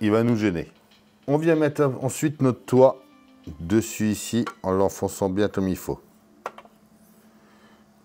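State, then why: Seated. Someone talks while the metal or plastic roof panel of a Ferrari 250 GTO scale model car is pressed firmly down onto the body shell. A sharp click at 6.5 s, with a softer tick just after, marks the roof seating in place.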